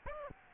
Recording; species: mosquito wingbeat signal from an infrared sensor; Aedes aegypti